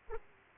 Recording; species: mosquito wingbeat signal from an infrared sensor; Aedes aegypti